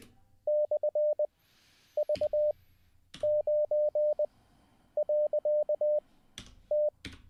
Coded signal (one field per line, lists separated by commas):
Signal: Morse code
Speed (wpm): 20 wpm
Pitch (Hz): 600 Hz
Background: none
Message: /V9.T